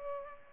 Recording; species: mosquito wingbeat signal from an infrared sensor; Culex pipiens